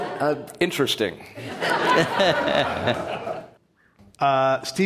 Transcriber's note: laughter